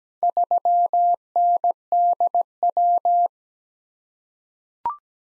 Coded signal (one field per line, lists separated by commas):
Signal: Morse code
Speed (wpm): 17 wpm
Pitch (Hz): 700 Hz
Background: none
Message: 3NDW